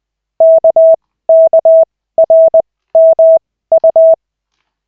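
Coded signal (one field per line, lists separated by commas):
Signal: Morse code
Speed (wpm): 20 wpm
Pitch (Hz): 650 Hz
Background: none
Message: KKRMU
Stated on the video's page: Morse practice in a Koch-method lesson with 3 characters at 40, generated by an online CW training site in a 5-minute session.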